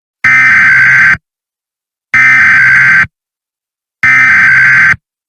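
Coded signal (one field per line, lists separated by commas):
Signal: Emergency Alert System (SAME) tones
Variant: header bursts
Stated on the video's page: Simulated EAS alert tones for a fictional zombie invasion scenario.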